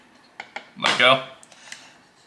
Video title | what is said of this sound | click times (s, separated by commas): Pete's Pirate Life x Theory 11 Playing Cards Box Set | kind of keep it closed, and also provides just kind of a satisfying click when you let go. | 0.4 s, 0.6 s